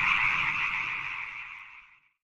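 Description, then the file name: Natterjack toad giving a rolling, rasping trill that fades steadily over two seconds into silence. "hylacalamita"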